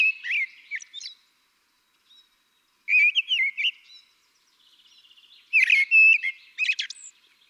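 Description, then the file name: Common blackbird giving three warbled flute-like phrases with high twittery endings, a soft stuttering chatter between the last two. "Turdus merula"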